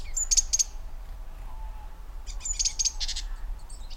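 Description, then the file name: Great tit giving a high thin note then buzzy bursts, two similar series in quick succession, with constant low-frequency background noise. "Parus major"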